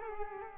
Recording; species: mosquito wingbeat signal from an infrared sensor; Culex quinquefasciatus